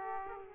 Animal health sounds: mosquito wingbeat signal from an infrared sensor; Aedes aegypti

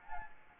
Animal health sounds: mosquito wingbeat signal from an infrared sensor; Anopheles arabiensis

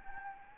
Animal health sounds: mosquito wingbeat signal from an infrared sensor; Anopheles gambiae

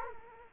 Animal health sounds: mosquito wingbeat signal from an infrared sensor; Culex quinquefasciatus

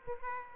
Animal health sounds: mosquito wingbeat signal from an infrared sensor; Aedes aegypti

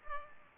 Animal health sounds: mosquito wingbeat signal from an infrared sensor; Culex pipiens

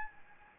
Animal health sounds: mosquito wingbeat signal from an infrared sensor; Anopheles gambiae

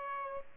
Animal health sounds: mosquito wingbeat signal from an infrared sensor; Aedes aegypti

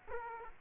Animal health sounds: mosquito wingbeat signal from an infrared sensor; Aedes aegypti

